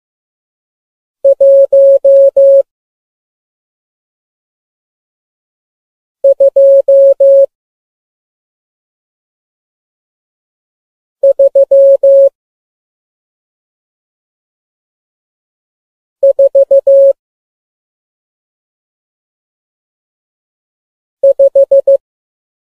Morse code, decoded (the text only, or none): 1 2 3 4 5